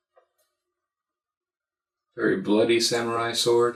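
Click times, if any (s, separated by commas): none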